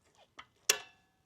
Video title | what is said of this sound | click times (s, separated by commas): 2024 BMW GSA 1300 REVIEW // Time to PX my GSA1250? // 4K #bmwmotorrad #bmwgsadventure | and it locks in place when we look | 0.7 s